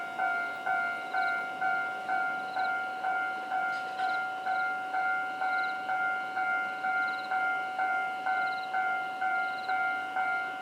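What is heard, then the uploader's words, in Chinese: A railway level crossing bell rings steadily, a bright metallic ding repeating about twice per second for the whole stretch. Each strike rings briefly before the next. A soft, constant hiss of outdoor background lies underneath, with a brief sharp knock near four seconds. 宜蘭礁溪興農路平交道。地點：宜蘭縣礁溪鄉。設備：Tascam DR-40x。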